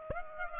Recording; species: mosquito wingbeat signal from an infrared sensor; Aedes aegypti